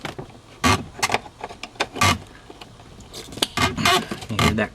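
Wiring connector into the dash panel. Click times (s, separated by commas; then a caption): 3.4 s. A wiring connector is pushed back into the dash light panel of a 1993 Lexus SC400 after a bulb replacement. Scraping and handling noises lead up to a sharp click at 3.4 s as the connector seats, and someone talks around it. The connector clicks in and is confirmed seated.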